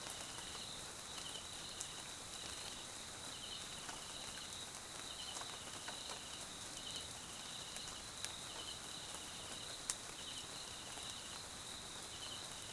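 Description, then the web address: Crickets giving rhythmic pulsed trills above a steady high drone, with scattered raindrops ticking and a sharp drip late on. South African crickets recorded as night background in jungle at Mkhaya, Swaziland, during rain. "Sonniss com - GDC 2018-Game Audio Bundle Tonschliff - SOUTH AFRICAN CRICKETS BG Swaziland Mkhaya Jungle Night Rain"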